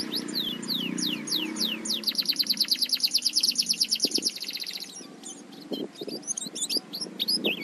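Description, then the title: White-eye song: a rapid run of high, downslurred whistled notes speeding into a fast, even trill, then scattered sharp chirps. "Pleci"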